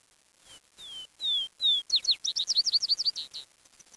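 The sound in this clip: Bird song: four clear descending whistled notes, then a fast trill of sharp downslurred chirps lasting about one and a half seconds, ending abruptly.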